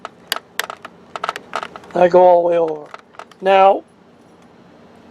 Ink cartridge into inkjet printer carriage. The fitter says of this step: I clicked it. Hear it?